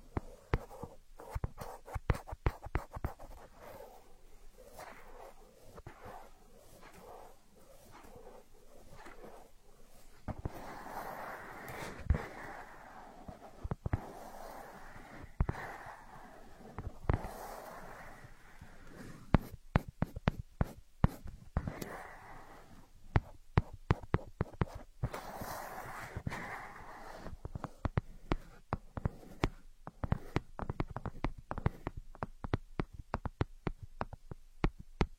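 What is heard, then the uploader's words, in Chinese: Ear picking: a dense run of sharp crackles and clicks, sometimes in quick bursts, continues for the whole clip. Between about 10 and 18 seconds, and again near 25 seconds, softer rubbing swells rise under the clicks before the crackling takes over again. 抠耳朵。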